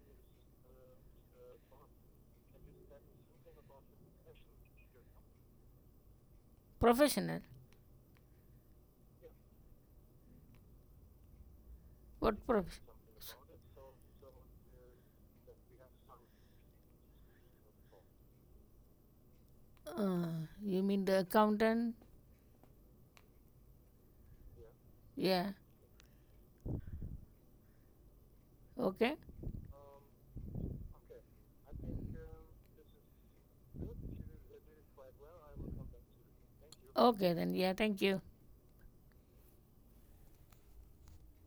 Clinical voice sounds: conversation on a phone call; English; 0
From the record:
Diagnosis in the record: healthy control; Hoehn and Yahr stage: 0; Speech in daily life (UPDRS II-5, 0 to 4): 0

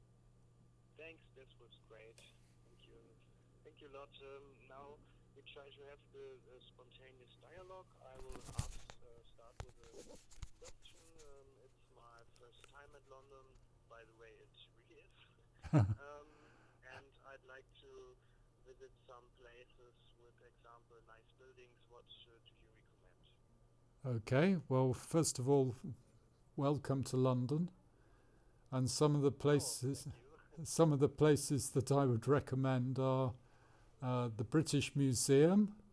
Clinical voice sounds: conversation on a phone call; English; 0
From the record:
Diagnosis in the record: Parkinson's disease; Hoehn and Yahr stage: 2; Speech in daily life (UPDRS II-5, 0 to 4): 0

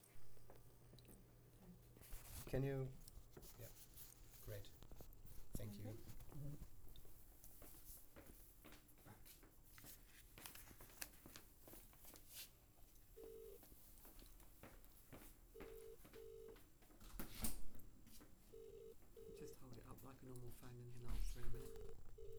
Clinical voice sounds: text read into a phone; English; 2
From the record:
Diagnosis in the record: Parkinson's disease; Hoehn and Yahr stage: 3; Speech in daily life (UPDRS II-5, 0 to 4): 2

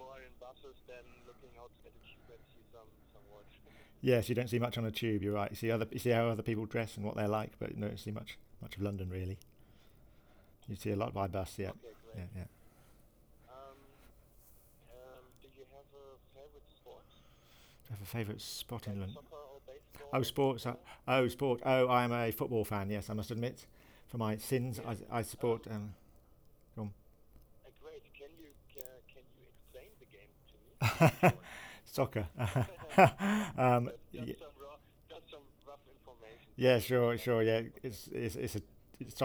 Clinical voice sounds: conversation on a phone call; English; 1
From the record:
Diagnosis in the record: Parkinson's disease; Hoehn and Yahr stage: 2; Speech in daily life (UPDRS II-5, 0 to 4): 0

